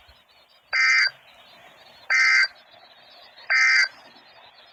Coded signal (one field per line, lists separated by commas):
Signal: Emergency Alert System (SAME) tones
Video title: EAS 98 and 99 - (Missed 98 except for EOM) SVR Arkansas